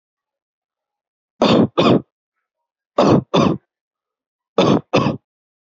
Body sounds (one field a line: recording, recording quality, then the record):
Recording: heavy voluntary cough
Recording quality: excellent, no background noise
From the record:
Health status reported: healthy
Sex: male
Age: 25 years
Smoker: yes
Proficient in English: yes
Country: India